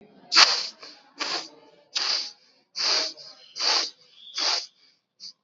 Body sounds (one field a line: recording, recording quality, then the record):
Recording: shallow breathing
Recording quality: excellent, no background noise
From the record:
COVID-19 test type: RT-PCR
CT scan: not taken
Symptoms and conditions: cough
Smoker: no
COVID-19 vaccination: both doses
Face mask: worn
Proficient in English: yes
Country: India